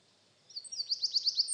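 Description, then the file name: Eurasian wren song: a rapid high trill of several sharp, evenly spaced notes that starts after a brief pause and runs to the end, over quiet background. "Troglodytes troglodytes"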